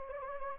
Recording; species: mosquito wingbeat signal from an infrared sensor; Anopheles gambiae